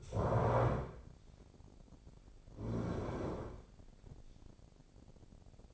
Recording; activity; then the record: daily activity, microphone in the room; stand up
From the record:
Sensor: 5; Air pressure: 1009.4 hPa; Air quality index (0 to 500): 155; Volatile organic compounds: 2 ppm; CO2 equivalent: 1195 ppm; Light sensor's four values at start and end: 281/670/286/315 and 282/673/288/316